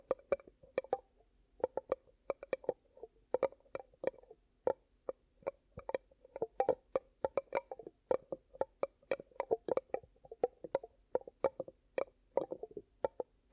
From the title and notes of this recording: ASMR 10 Ear Cupping Triggers for Deep Sleep & Relaxation (No Talking).